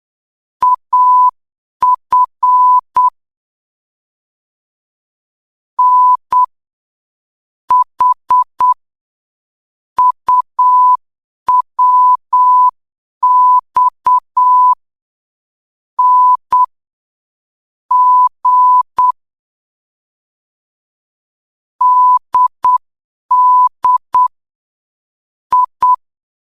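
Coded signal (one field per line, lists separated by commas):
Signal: Morse code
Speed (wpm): 8 wpm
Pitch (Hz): 1000 Hz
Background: none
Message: AF N H UWX N G DD I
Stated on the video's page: Beginner Morse code training drill, level 2.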